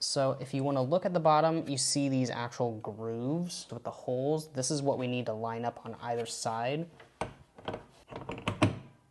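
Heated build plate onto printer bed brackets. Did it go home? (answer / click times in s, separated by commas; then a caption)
yes / 8.6 s. Someone talks while lining up the grooves with holes on the bottom of a Bambu A2L's heated build plate on either side and pushing it onto the metal brackets at the back of the printer bed. After the talking, a few short sharp knocks follow from about 7.2 s. The plate clicks into place at 8.6 s and is seated.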